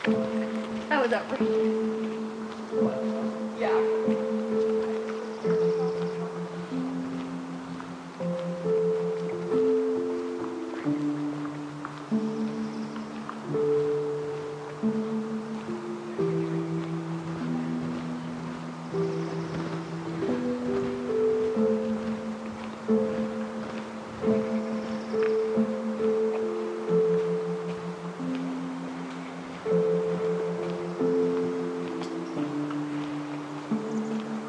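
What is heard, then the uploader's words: In the upper Macleay section of Forest Park, a low, sustained melody of held tones plays throughout, stepping between pitches every second or so with a couple of notes often sounding together. Faint crackles and scattered ticks sit underneath, with a few sharper clicks near the start. Upper Macleay section of Forest Park, Portland, Oregon.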